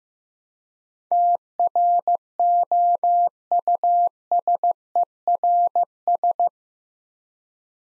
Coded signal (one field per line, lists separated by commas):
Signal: Morse code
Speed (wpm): 15 wpm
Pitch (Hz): 700 Hz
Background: none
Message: TROUSERS